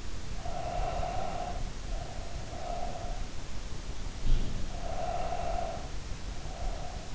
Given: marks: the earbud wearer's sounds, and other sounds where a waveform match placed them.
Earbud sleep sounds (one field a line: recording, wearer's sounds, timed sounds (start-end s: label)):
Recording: sounds in sleep by an in-ear microphone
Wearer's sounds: breath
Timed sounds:
0.27-3.29 s: breath
4.00-7.15 s: breath